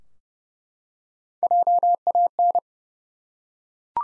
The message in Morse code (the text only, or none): JAN